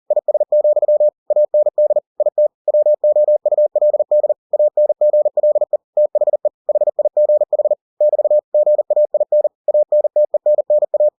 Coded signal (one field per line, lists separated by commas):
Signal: Morse code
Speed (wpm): 40 wpm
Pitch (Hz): 600 Hz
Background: none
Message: IS, AND IT WOULD ANGLE THE HIGH<BT>GAIN ANTENNA